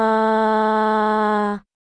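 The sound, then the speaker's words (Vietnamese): A boy's voice imitates a wolf howl: a single loud, sustained vocal note held at a steady pitch for about a second and a half, then cut off abruptly. “Nếu cháu là một con sói, nó hú lên.”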